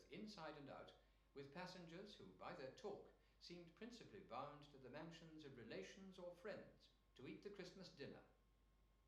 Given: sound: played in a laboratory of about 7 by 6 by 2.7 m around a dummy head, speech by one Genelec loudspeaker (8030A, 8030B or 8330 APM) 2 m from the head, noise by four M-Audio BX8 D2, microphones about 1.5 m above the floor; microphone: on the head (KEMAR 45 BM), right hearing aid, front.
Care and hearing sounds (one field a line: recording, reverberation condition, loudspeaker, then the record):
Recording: male speech in English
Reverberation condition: medium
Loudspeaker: 90 degrees to the right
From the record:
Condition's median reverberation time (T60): about 510 ms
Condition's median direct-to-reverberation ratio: about -0.5 dB